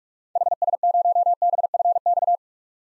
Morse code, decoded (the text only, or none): HS0BFX